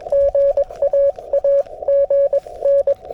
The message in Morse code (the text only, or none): GA AGN